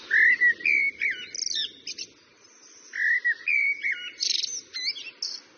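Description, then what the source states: Common blackbird song: two rich, fluted warbling phrases, each ending in high squeaky twitters, separated by a brief pause, over a faint low hum. Song judged the prettiest of bird songs; said to benefit psychological balance and to be ideal for waking up gently.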